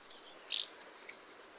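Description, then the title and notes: Common house martin giving a short, high chirp, with a faint hiss of background noise around it. During migration. "Common House Martin Delichon u. urbicum. Prignitz, Germany, Mathias Putze"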